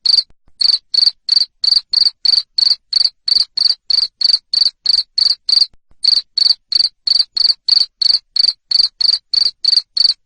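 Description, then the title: Cricket calling with rapid, regular raspy chirps at about three per second, pausing once briefly midway. Loud cricket chirping used to stimulate lovebirds to sing continuously. "Suara JANGKRIK NGERIK Keras Bikin LOVEBIRD Jadi NGEKEK Terus Vubey"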